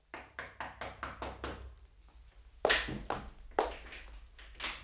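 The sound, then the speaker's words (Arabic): Someone knocks on the door of a house in a quick run of about seven raps, pauses briefly, then pounds again with louder, heavier, more spaced-out knocks. No voices. “وبعد السرقه تاني يوم وانا قاعد في بيتي سمعت اللي بيخبط على الباب.”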